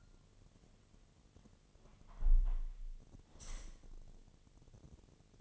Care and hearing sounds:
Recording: daily activity, microphone in the room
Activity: close window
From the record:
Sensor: 4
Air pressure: 1007.3 hPa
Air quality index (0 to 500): 190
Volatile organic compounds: 6 ppm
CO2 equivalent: 1900 ppm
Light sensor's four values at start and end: 23/73/28/27 and 23/73/28/27

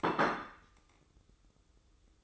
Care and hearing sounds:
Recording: daily activity, microphone in the room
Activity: place plate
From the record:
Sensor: 3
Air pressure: 995.2 hPa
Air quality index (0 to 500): 75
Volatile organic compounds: 5 ppm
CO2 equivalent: 1750 ppm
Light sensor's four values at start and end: 15/44/19/15 and 15/44/19/15

